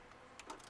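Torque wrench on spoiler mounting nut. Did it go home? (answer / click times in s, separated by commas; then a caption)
yes / 0.4 s. A torque wrench set to 34 inch-pounds tightens the passenger-side nut on an OEM spoiler for a 2013–2015 Nissan Altima. The wrench gives a sharp click at its setting at 0.4 s, followed by a second, broader bright sound at 0.5 s. The nut reaches the set torque, and the spoiler is confirmed tight.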